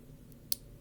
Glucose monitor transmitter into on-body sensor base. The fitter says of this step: couple clicks like that it should just be one but I think one side sorry I think one side kind of clicked in first in